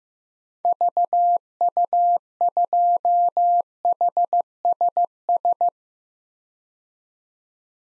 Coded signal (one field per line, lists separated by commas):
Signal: Morse code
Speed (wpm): 15 wpm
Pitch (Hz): 700 Hz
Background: none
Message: VU2HSS